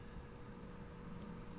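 Someone handles the electrical connector on the MAP sensor of a 2020 Chevy Malibu 1.5-liter engine, about to press its plastic locking pin down. Only a steady broadband hum with a constant low tone is heard; nothing has seated or clicked yet.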